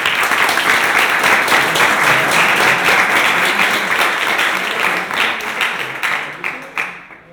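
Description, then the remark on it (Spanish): A crowd at a video game development jam applauds its participants steadily with dense, crackling clapping that holds strong for several seconds, then thins into scattered claps and fades out at the end. “Un aplauso para todos vosotros.”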